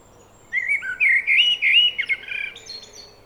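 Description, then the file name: Common blackbird giving a single warbled phrase that trails off into softer, higher twittering. "Turdus merula"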